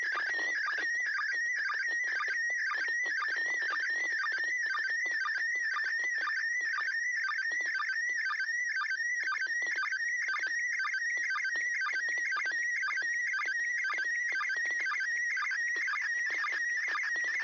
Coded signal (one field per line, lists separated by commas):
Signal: SSTV (slow-scan television)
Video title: SSTV ISS #Expedition63 4/10 Grid Square OI91ik (2)